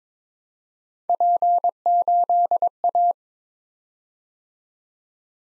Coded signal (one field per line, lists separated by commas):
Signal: Morse code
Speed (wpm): 22 wpm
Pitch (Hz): 700 Hz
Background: none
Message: P8A